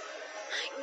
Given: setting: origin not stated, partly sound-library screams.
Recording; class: one-second piece from a danger detection set; woman in danger